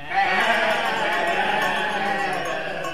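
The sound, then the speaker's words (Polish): A flock of sheep bleating together, their wavering, overlapping calls blending into a dense, continuous chorus that stays steady and fairly loud for the whole stretch. “Szybki awans na wypas owiec.”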